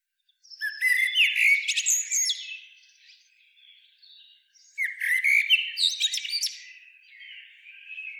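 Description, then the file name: Eurasian blackbird song of two strong phrases mixing mellow whistles with high, scratchy notes, with softer sound between them. "Turdus merula"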